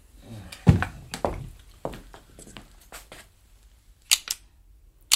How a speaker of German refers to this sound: Zweimal Klick und dann gibt's Dauerfeuer.